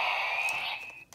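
A plastic part is folded into place on a DX Lupin Magnum transforming toy gun. A steady, high-pitched tonal ring fades gradually over the clip, then a sharp, brief click sounds at 1.1 s as the part seats.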